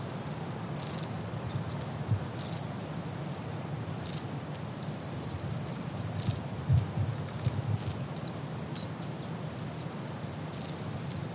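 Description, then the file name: Long-tailed tit calls: continuous very high, thin trilled and wavering notes, broken by sharp ticks, with a low constant rumble underneath. "enaga"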